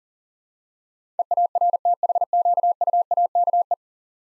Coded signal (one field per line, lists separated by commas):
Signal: Morse code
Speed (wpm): 40 wpm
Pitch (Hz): 700 Hz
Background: none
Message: EARTHQUAKE